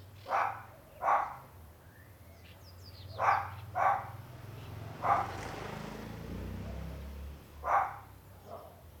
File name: Cachorro de pequeno porte latindo perto de corredor